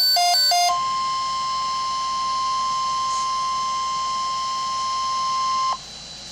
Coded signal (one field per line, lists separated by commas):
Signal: Emergency Alert System (SAME) tones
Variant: 1050 Hz attention tone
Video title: Severe Thunderstorm Watch 368 (EAS #334)